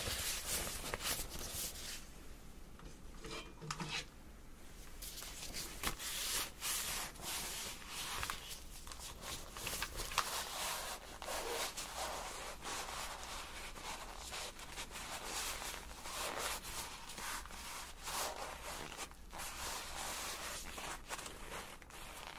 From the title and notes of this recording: ASMR Ear Cleaning & Hearing Examination.